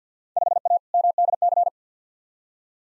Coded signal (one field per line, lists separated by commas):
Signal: Morse code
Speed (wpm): 50 wpm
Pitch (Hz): 700 Hz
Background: none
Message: 5A MDC